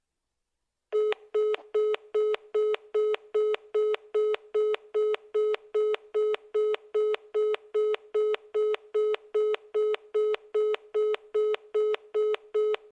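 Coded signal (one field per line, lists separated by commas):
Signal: none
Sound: phone calling beeps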